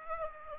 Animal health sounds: mosquito wingbeat signal from an infrared sensor; Aedes aegypti

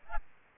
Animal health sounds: mosquito wingbeat signal from an infrared sensor; Aedes albopictus

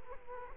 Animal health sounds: mosquito wingbeat signal from an infrared sensor; Culex quinquefasciatus

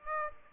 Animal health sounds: mosquito wingbeat signal from an infrared sensor; Aedes aegypti

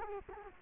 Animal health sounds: mosquito wingbeat signal from an infrared sensor; Culex quinquefasciatus

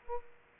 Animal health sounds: mosquito wingbeat signal from an infrared sensor; Aedes aegypti

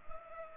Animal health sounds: mosquito wingbeat signal from an infrared sensor; Culex pipiens

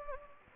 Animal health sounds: mosquito wingbeat signal from an infrared sensor; Anopheles gambiae

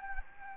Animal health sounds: mosquito wingbeat signal from an infrared sensor; Anopheles gambiae

